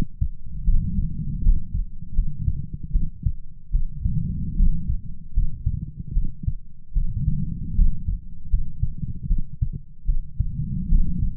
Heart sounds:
heart sounds by stethoscope; 76 bpm
0.64 s: heartbeat
1.41 s: heartbeat
2.13 s: heartbeat
2.91 s: heartbeat
3.70 s: heartbeat
4.55 s: heartbeat
5.32 s: heartbeat
6.12 s: heartbeat
6.92 s: heartbeat
7.74 s: heartbeat
8.48 s: heartbeat
9.26 s: heartbeat
10.05 s: heartbeat
10.87 s: heartbeat
From the record:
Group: healthy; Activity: rest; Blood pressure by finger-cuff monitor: 104/59 mmHg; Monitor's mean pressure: 76 mmHg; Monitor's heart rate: 77 bpm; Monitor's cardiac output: 7.2 L/min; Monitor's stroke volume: 94 mL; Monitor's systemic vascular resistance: 760 dyn s/cm5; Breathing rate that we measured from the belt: 19 breaths a minute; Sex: female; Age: 26 years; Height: 165 cm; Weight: 55 kg

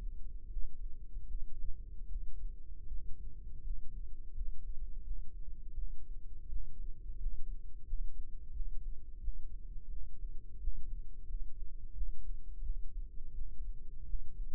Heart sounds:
heart sounds by microphone in the right ear; 84 bpm
0.46 s: heartbeat
1.24 s: heartbeat
2.05 s: heartbeat
2.84 s: heartbeat
3.60 s: heartbeat
4.30 s: heartbeat
5.00 s: heartbeat
5.72 s: heartbeat
6.45 s: heartbeat
7.16 s: heartbeat
7.83 s: heartbeat
8.50 s: heartbeat
9.17 s: heartbeat
9.86 s: heartbeat
10.57 s: heartbeat
11.24 s: heartbeat
11.91 s: heartbeat
12.59 s: heartbeat
13.31 s: heartbeat
14.03 s: heartbeat
From the record:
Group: healthy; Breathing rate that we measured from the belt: 17 breaths a minute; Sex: male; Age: 21 years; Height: 180 cm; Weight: 67.5 kg

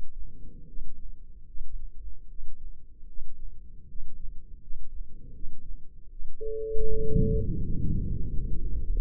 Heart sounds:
heart sounds by microphone in the left ear; 79 bpm
0.66 s: heartbeat
1.45 s: heartbeat
2.28 s: heartbeat
3.06 s: heartbeat
3.87 s: heartbeat
4.60 s: heartbeat
5.32 s: heartbeat
6.09 s: heartbeat
6.88 s: heartbeat
7.62 s: heartbeat
8.30 s: heartbeat
8.96 s: heartbeat
From the record:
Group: healthy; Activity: rest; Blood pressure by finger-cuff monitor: 118/70 mmHg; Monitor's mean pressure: 86 mmHg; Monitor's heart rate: 73 bpm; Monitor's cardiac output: 7.9 L/min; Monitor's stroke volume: 109 mL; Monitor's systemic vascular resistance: 800 dyn s/cm5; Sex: male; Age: 24 years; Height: 184 cm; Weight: 89 kg

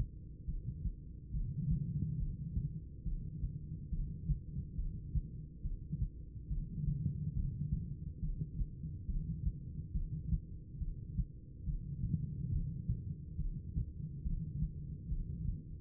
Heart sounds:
heart sounds by stethoscope; 70 bpm
0.44 s: heartbeat
1.30 s: heartbeat
2.17 s: heartbeat
3.03 s: heartbeat
3.89 s: heartbeat
4.75 s: heartbeat
5.61 s: heartbeat
6.47 s: heartbeat
7.33 s: heartbeat
8.19 s: heartbeat
9.05 s: heartbeat
9.91 s: heartbeat
10.77 s: heartbeat
11.63 s: heartbeat
12.49 s: heartbeat
13.36 s: heartbeat
14.21 s: heartbeat
15.08 s: heartbeat
From the record:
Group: heart failure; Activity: rest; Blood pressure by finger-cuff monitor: 150/75 mmHg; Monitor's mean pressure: 105 mmHg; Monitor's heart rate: 70 bpm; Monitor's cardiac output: 9.3 L/min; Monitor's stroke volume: 133 mL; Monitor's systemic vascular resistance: 840 dyn s/cm5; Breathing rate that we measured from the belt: 12 breaths a minute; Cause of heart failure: idiopathic cardiomyopathy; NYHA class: 2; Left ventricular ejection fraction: 51%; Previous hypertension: present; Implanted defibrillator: present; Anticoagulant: apixaban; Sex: female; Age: 61 years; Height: 163 cm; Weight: 111 kg

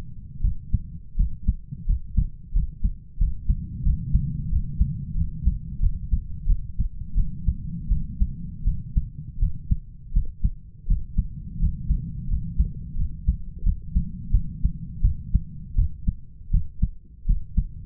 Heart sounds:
heart sounds by stethoscope; 85 bpm
0.41 s: heartbeat
1.16 s: heartbeat
1.86 s: heartbeat
2.53 s: heartbeat
3.18 s: heartbeat
3.84 s: heartbeat
4.50 s: heartbeat
5.15 s: heartbeat
5.80 s: heartbeat
6.46 s: heartbeat
7.15 s: heartbeat
7.89 s: heartbeat
8.64 s: heartbeat
9.39 s: heartbeat
10.13 s: heartbeat
10.87 s: heartbeat
11.59 s: heartbeat
12.28 s: heartbeat
12.96 s: heartbeat
13.63 s: heartbeat
14.31 s: heartbeat
15.02 s: heartbeat
15.75 s: heartbeat
16.51 s: heartbeat
17.26 s: heartbeat
From the record:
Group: healthy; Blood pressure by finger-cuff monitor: 108/63 mmHg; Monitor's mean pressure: 78 mmHg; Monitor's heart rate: 83 bpm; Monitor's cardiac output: 8.3 L/min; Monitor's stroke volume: 100 mL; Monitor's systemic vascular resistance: 690 dyn s/cm5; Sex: male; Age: 33 years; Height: 179 cm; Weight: 80.4 kg

